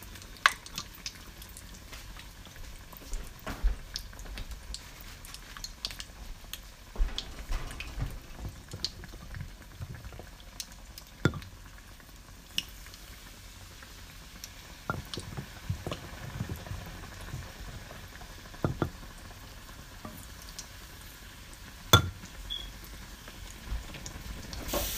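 Fried Oreos and funnel sticks sizzle in hot oil, a steady low crackle and bubbling that runs throughout. Sharper pops and ticks break through irregularly, clustering around the middle and again near 12, 19 and 22 seconds, over a faint constant hiss.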